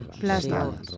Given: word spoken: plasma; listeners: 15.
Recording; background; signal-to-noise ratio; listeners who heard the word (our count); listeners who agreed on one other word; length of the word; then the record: one Spanish word in noise, from a listening test; four-talker babble; 1.0 dB; 0 of 15; 9 of 15; 0.57 s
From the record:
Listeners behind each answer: 9, 2, 1, 1, 1, 1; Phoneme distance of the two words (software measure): 44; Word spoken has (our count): 2 syllables, 6 phonemes, stress on syllable 1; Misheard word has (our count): 3 syllables, 8 phonemes, stress on syllable 1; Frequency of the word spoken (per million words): 6.83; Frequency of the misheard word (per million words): 23.83